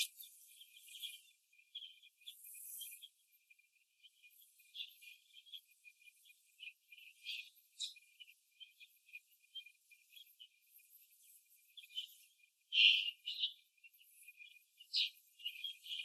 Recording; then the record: young laying hens in a cage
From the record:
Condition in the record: after the stressor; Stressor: simulated dog barking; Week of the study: 2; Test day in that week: 2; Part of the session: 4